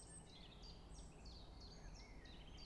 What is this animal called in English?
Common Chiffchaff